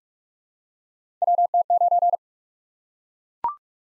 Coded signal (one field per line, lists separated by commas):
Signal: Morse code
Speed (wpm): 44 wpm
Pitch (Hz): 700 Hz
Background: none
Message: WT9